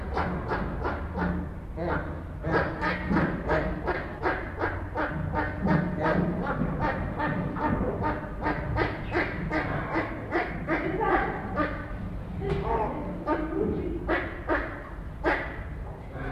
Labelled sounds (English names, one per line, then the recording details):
Hamadryas Baboon
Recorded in captivity
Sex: diverse
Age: diverse
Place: Zoo Berlin, Berlin, DE
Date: 1961-01-14 15:30
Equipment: Minifon, Kopie Smaragd
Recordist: Tembrock, Günter